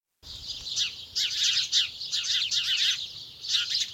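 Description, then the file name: House sparrow chirps starting after a brief silence, then bursts of sharp, overlapping notes with short lulls, busy and irregular. "Passer domesticus"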